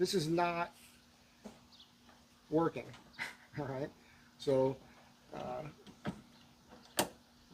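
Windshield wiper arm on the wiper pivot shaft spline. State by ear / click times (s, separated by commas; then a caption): stripped / 7.0 s. Someone talks while handling a stripped windshield wiper arm on an Astro Van, whose internal splines have worn away so it no longer locks onto the wiper pivot shaft spline. The arm is lifted straight off the shaft with a sharp knock at 7.0 s, confirming it comes right off because the grooves stripped out the inside of the arm.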